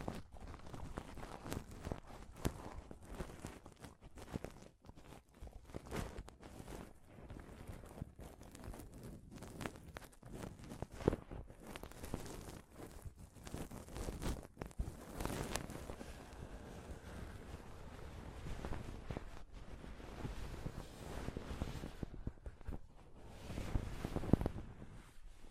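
Scratching and touching on a microphone, a dense run of rough scraping and thumping handling noise that never settles. Short bursts crowd together with brief gaps, and a louder rubbing stretch comes around 15 seconds, with sharp knocks near the end.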